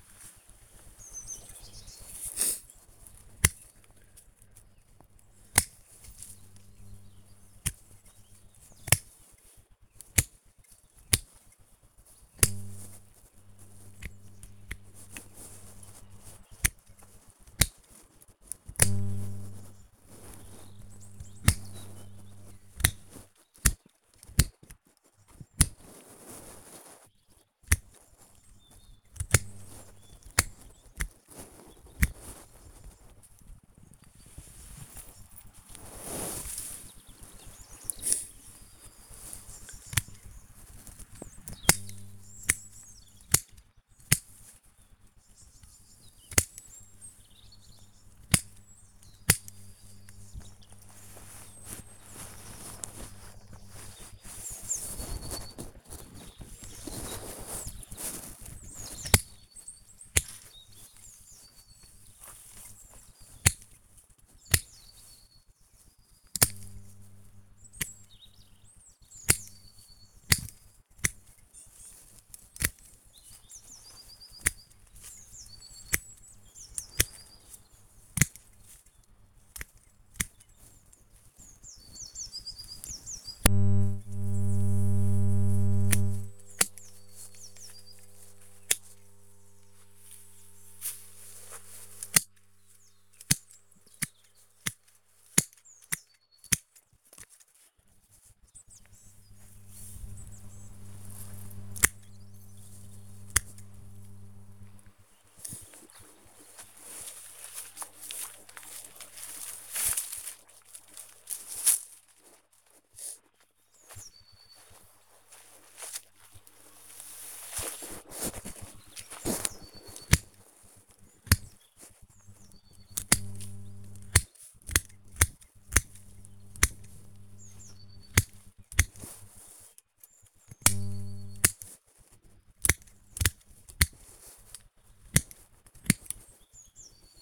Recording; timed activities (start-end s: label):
household activities, microphone on the right wrist
0.00-66.11 s: cutting wood
70.12-137.22 s: cutting wood